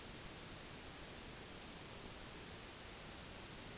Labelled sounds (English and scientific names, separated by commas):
none